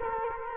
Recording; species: mosquito wingbeat signal from an infrared sensor; Culex quinquefasciatus